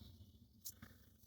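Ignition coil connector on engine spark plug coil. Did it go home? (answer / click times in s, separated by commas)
released / 0.7 s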